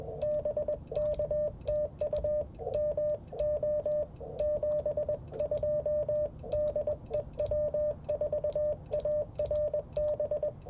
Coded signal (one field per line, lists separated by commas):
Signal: Morse code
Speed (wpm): 20 wpm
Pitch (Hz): 600 Hz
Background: radio noise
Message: BK TU MO 72 DE W4ARB